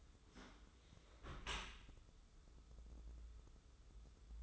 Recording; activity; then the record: daily activity, microphone in the room; close dishwasher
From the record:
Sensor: 3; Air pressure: 995.7 hPa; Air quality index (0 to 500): 97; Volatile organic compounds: 14 ppm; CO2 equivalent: 2444 ppm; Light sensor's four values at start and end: 29/86/36/31 and 29/86/36/31